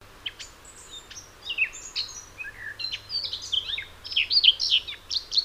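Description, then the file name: Eurasian blackcap song: a rapid, varied warble of chirps and slurred notes that grows louder and denser toward the end. "Sylvia atricapilla"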